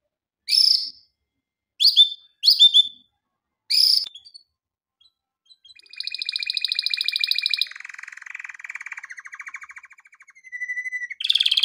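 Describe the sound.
Canary song: four sharp separate chirps first, a short gap, then an extended rolling trill that lowers into a rattle and a thin steady whistle, followed by another burst.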